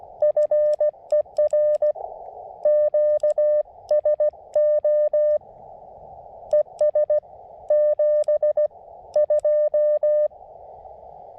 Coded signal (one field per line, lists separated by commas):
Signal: Morse code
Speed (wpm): 16 wpm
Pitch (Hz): 590 Hz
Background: none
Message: FER QSO ES 72